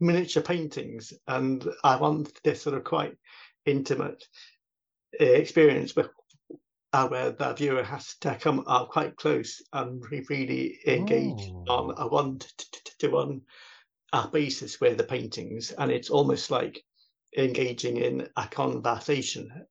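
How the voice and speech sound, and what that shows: Adult man from England who stutters (stammers) speaks with silent mid-phrase pauses and stretched words: stuttering blocks.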